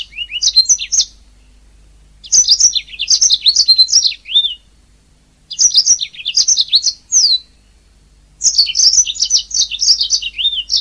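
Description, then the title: Oriental magpie-robin song in several repeated phrases of high, sharp whistled notes and quick chirpy runs, with pauses between. "Kicau Kacer"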